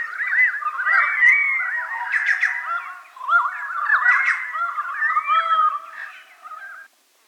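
Pied currawong calls, a rich run of ringing, gurgling, whistled notes with rising and falling slurs, varied phrases running continuously for about seven seconds.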